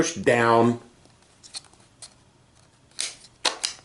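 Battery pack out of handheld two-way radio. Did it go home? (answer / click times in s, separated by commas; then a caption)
released / 3.5 s. Someone talks briefly, then the latch is released on a handheld two-way radio and the plastic battery pack pops out of the radio body with a sharp click at 3.5 s, following a few faint handling taps. The battery pack comes free of the radio.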